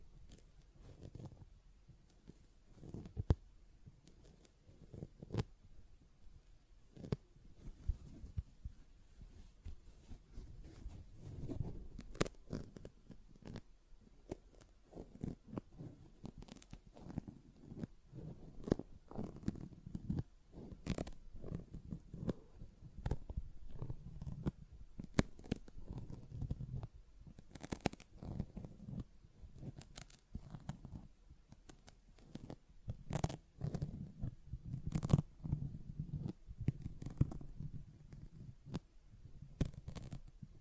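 A sponge is scratched and squished in dense, irregular low strokes, with sharp crisp clicks and snips scattered throughout the forty seconds.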